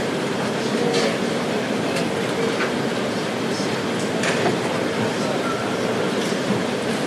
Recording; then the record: background sound without coughing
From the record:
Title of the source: Office Sounds Ambience - Background Noise for Study and Work